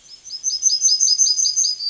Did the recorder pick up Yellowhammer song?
yes